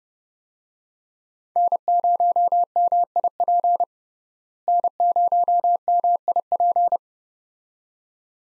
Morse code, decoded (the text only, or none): N0MIP N0MIP